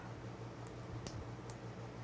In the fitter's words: so you can see click click